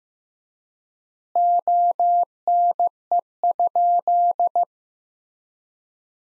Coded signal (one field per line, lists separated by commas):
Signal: Morse code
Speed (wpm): 15 wpm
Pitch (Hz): 700 Hz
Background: none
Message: ONE?